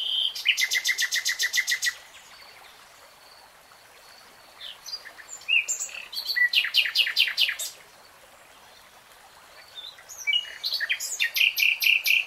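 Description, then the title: Nightingale singing rich phrases: a rapid buzzy trill, quiet pause, thin whistles, then another loud rattling series and further varied notes near the end. Nightingale singing in real time. "[Tiếng chim hót] 3 Hours REALTIME Nightingale Singing"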